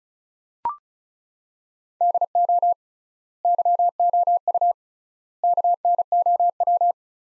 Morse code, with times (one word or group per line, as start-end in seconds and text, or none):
2.0-2.7 DO
3.5-4.7 YOU
5.4-6.9 KNOW